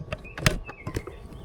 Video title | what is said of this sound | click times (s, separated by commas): Midland MXT275 radio install - 4th gen Tacoma | and that's just gonna go ahead and snap in place | 0.5 s